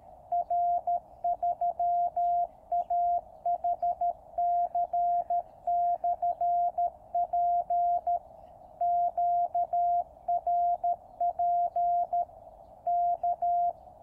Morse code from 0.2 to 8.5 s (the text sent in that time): R3AHC/P